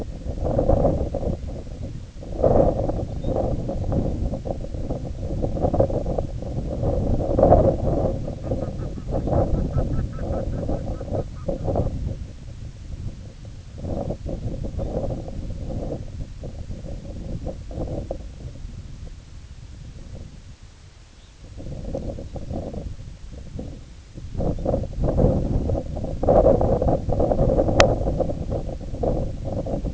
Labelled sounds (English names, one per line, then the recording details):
Lapland Longspur
Red-throated Loon
unidentified sound
Red Phalarope
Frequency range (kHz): Lapland Longspur 3.1-4.6 kHz; Red-throated Loon 0.8-2.3 kHz; Red Phalarope 2.8-4.1 kHz
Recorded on Arctic tundra, site IGLO-A, on 20 June 2018
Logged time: 07:59